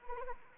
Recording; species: mosquito wingbeat signal from an infrared sensor; Anopheles arabiensis